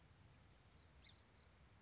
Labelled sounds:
Song Sparrow

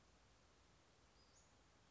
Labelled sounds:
Western Flycatcher

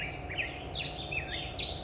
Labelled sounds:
Black-headed Grosbeak

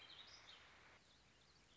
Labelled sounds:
Warbling Vireo

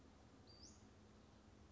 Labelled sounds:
Western Flycatcher

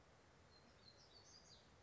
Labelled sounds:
Black-throated Gray Warbler

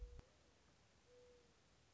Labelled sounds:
Mourning Dove

